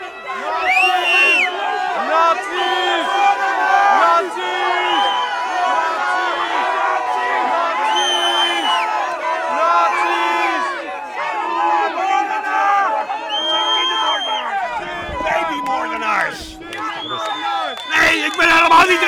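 A large crowd of protesters against the genocide of Palestinians shouts and yells loudly and angrily at a CIDI event in May 2025, many voices overlapping continuously with raised, strained cries and chants, sustained at high volume throughout with no pause.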